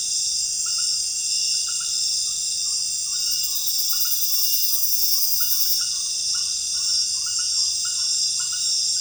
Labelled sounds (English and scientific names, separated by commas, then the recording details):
none
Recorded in pastures near Puerto Asís, Putumayo, Colombia, on 22 June 2025 at 18:30
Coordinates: 0.466, -76.322
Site GP07